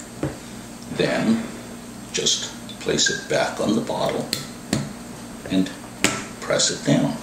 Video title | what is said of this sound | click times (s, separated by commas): ZORK is Here (...but there's nothing to fear) | press the red button all the way in until you hear it click | 0.2 s